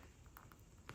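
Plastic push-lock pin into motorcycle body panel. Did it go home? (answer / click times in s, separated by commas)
no / none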